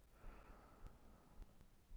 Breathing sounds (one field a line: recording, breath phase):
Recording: one breath near a microphone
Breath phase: inhalation